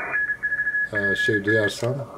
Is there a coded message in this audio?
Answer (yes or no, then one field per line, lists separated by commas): yes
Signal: Morse code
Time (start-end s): 0.1-1.7 s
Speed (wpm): 33 wpm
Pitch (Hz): 1700 Hz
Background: speech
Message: N4PN